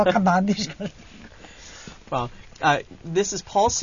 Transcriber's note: they laugh